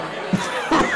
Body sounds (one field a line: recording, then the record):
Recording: coughing mixed with background sound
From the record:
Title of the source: Heavy cold and sore throat coughing.